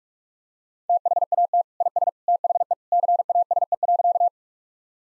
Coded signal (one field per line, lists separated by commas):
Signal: Morse code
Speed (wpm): 46 wpm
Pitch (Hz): 700 Hz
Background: none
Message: THAT IS THE CASE.